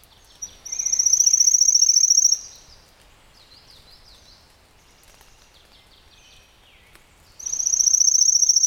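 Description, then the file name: Pale-legged leaf warbler repeats its very high, rapid, insect-like trill twice, about five seconds apart, with scattered soft thin notes between phrases. "warbler-pale-legged-leaf a-Phylloscopus-tenellipes"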